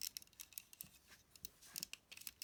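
A plastic accessory part is handled and slid up onto a Kabaya DX Transformers Super Link Grand Convoy & Grand Force (Energon Optimus Prime) transforming robot toy. Sharp, tiny plastic ticks and scrapes sound at about 0.0, 0.2 and 1.8 seconds. Nothing has seated or clicked into place yet.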